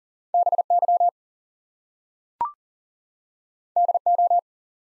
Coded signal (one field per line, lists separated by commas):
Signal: Morse code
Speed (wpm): 40 wpm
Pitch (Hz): 700 Hz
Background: none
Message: BY DO